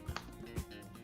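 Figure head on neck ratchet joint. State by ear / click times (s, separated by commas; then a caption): seated / 0.2 s. The plastic head of an X-Men '97 Sentinel action figure, pushed forward on its extended neck ratchet joint, springs back and snaps into place with a sharp click at 0.2 s. Soft low thumps and a steady background hum surround it. The head is seated back in place.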